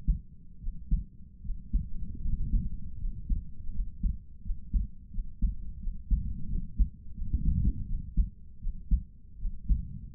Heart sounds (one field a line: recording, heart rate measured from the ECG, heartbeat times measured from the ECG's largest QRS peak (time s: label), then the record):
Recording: heart sounds by stethoscope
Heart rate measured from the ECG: 82 bpm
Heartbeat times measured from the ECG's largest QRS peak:
0.59 s: heartbeat
1.41 s: heartbeat
2.20 s: heartbeat
2.97 s: heartbeat
3.71 s: heartbeat
4.41 s: heartbeat
5.10 s: heartbeat
5.79 s: heartbeat
6.47 s: heartbeat
7.13 s: heartbeat
7.85 s: heartbeat
8.59 s: heartbeat
9.37 s: heartbeat
From the record:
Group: healthy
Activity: rest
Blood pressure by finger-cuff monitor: 86/60 mmHg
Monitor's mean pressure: 69 mmHg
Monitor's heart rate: 81 bpm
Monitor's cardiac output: 5.1 L/min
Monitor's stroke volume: 63 mL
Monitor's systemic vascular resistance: 950 dyn s/cm5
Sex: male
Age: 22 years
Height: 181 cm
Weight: 60 kg